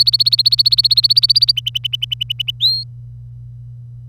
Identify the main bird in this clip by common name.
Domestic Canary